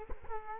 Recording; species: mosquito wingbeat signal from an infrared sensor; Culex quinquefasciatus